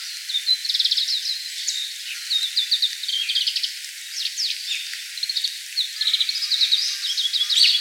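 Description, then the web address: Grey-capped greenfinch twittering: rapid overlapping chirps and short trills, with a few rising notes, continuing steadily throughout. Recorded 19 February 2015. "birdenaga kawarahiwa S 150219"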